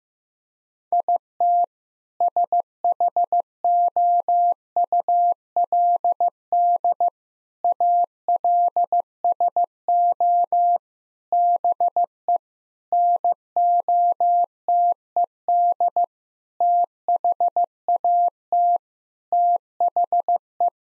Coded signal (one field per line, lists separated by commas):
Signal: Morse code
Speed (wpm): 15 wpm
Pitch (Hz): 700 Hz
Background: none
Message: IT SHOULD ALSO BE NOTED THAT THE